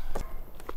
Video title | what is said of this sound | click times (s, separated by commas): Comment se DOUCHER dans la NATURE avec 4L d’eau ? (douche solaire ☀️ Décathlon) #vanlife | Hop, donc là il est bien verrouillé, on voit déjà l'eau qui passe. | 0.7 s